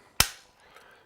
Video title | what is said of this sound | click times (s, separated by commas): Festool TV UK Kapex KS60 compound angle finder | so as soon as i bring the head of the saw up you hear a click | 0.2 s